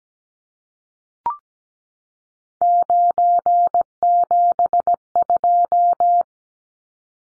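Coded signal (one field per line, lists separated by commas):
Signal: Morse code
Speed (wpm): 17 wpm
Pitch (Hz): 700 Hz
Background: none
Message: 972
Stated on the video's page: Morse code practice of three-digit numbers at 17 wpm for head-copy.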